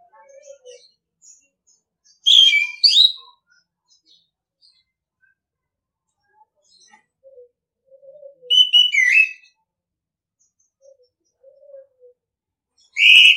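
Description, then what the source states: Orange-headed thrush singing short, loud, varied warbling phrases separated by long pauses, with faint low twittering notes between them. Training audio for other birds; singing style called ngeplong.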